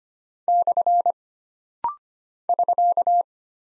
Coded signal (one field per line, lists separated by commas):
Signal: Morse code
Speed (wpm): 25 wpm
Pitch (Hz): 700 Hz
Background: none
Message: / <SK>